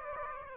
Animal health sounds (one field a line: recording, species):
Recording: mosquito wingbeat signal from an infrared sensor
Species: Aedes aegypti